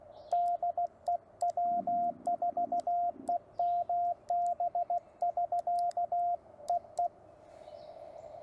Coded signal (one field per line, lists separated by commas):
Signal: Morse code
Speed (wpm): 16 wpm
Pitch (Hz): 700 Hz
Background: radio noise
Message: DE W4EMB <SK> EE